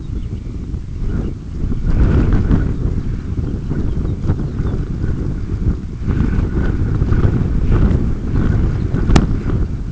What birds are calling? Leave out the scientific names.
Dunlin, Lapland Longspur